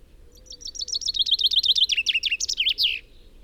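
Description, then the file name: Common chaffinch singing a quick descending phrase of repeated sharp notes, ending in a terminal flourish, over quiet background hiss. "Fringilla coelebs"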